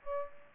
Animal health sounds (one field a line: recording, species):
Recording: mosquito wingbeat signal from an infrared sensor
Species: Aedes aegypti